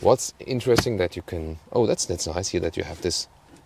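In an SUV's boot, a cargo securing fixture is handled under the floor cover while someone talks throughout. Nothing has seated or clicked yet; the fixture is not yet home.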